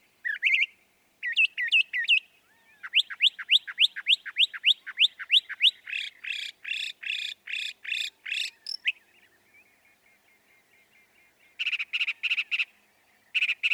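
Northern mockingbird song: quick sequence of varied phrases, including long series of rapid repeated downslurred notes, then a pause and buzzy bursts.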